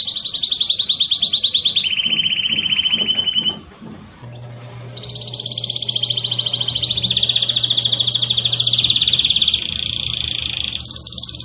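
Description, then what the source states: Domestic canary singing fast trills that step down in pitch, then a quiet gap with a faint low hum, followed by long sustained rolling trills and a higher closing phrase. Belgian canary (canário belga) singing; campainha (bell) style song per title.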